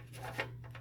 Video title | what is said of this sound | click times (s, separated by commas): Installing a LED headlight into a 9007 or 9004 fixture that uses a retaining collar to hold the bulb | And it locks into place like that. | 0.4 s